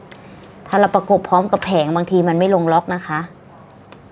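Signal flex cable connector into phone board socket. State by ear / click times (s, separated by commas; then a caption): seated / 3.9 s. A signal flex cable connector is pressed onto its board socket in a Redmi Note 9S phone under repair for freezing and turning itself on and off. Someone talks from about 0.7 to 3.3 s over a quiet background, then a single sharp click at 3.9 s shows the connector has seated and locked in.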